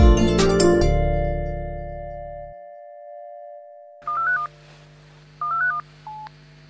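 A phone number is keyed in: after a loud ringing clang fades to silence, two quick runs of stepped touch-tone beeps sound, followed by one short final beep.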